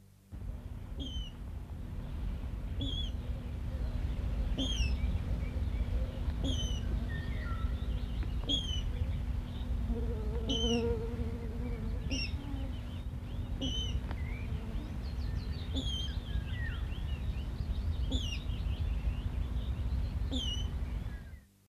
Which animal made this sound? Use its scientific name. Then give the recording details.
Rallus aquaticus. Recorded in the wild. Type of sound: call. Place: Drömling, DE. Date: 1966-06-02. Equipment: Halbspur, 9,5 cm/s. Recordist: Lütgens, Hans. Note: Rufe